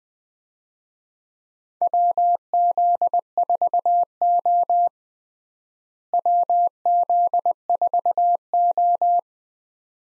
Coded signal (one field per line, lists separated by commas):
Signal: Morse code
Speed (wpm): 21 wpm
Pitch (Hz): 700 Hz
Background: none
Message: WZ4O WZ4O